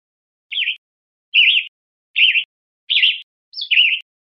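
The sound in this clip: Short warbled bird notes repeated five times at a steady pace, each wobbling up and down in pitch, with a sharp higher note before the final call.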